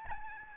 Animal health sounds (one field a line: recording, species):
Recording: mosquito wingbeat signal from an infrared sensor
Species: Aedes albopictus